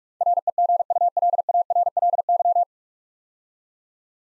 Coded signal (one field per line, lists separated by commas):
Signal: Morse code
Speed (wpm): 44 wpm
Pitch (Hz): 700 Hz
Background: none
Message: REGULARLY